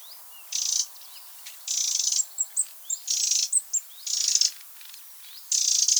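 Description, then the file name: Eurasian wren giving harsh, buzzy churring rattles, each about half a second long, repeated every second or so, with short thin chirps between some bursts. "Troglodytes troglodytes"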